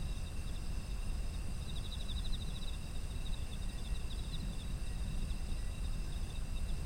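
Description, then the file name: Insects chirping in a fast pulsed trill early on, followed by fainter chirps, against constant high-pitched ringing and deep rumble. Autumn insects, ambient environmental sound. "秋の虫の環境音"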